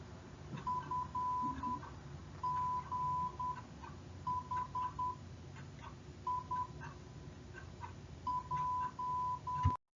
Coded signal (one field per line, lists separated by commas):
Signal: Morse code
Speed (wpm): 10 wpm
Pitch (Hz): 1000 Hz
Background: none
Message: FGHIJ